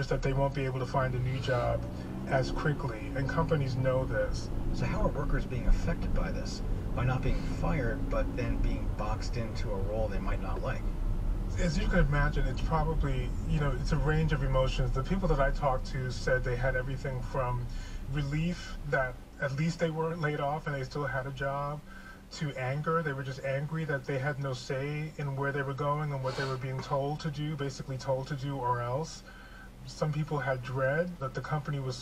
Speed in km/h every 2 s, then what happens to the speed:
8, 18, 24, 27, 31, 29, 23, 18, 11, 0, 0, 0, 0, 0, 0, 0.
0-9 speeds up to 31. 9-18 slows to 0. 18-32 standing.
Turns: none.